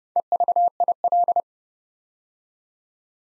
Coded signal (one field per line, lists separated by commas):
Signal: Morse code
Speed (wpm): 30 wpm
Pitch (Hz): 700 Hz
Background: none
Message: EVIL